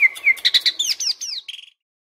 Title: Materi Suara Burung Sikatan Londo Masteran Hits Tembakan Full Speed Rapet Durasi